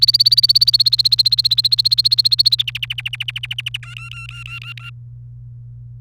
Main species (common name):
Domestic Canary